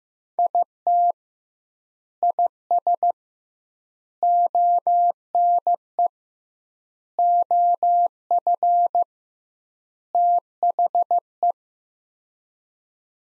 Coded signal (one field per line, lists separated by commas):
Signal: Morse code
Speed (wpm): 15 wpm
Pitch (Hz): 700 Hz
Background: none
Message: IT IS ONE OF THE